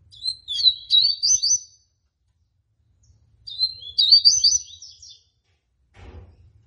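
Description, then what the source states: Seedeater giving two loud, quick chattering phrases of high sharp notes separated by a brief silence, low hum in the background. Tui tui song style; bird described as 'fibra'.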